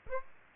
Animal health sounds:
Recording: mosquito wingbeat signal from an infrared sensor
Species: Aedes aegypti

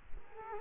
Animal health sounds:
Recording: mosquito wingbeat signal from an infrared sensor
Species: Culex quinquefasciatus

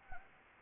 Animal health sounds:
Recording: mosquito wingbeat signal from an infrared sensor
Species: Anopheles arabiensis

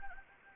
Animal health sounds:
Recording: mosquito wingbeat signal from an infrared sensor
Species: Anopheles gambiae

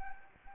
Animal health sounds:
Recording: mosquito wingbeat signal from an infrared sensor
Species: Anopheles arabiensis

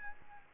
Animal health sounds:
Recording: mosquito wingbeat signal from an infrared sensor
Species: Aedes albopictus

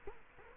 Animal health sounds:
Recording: mosquito wingbeat signal from an infrared sensor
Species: Culex quinquefasciatus

